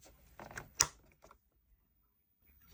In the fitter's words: with a solid click.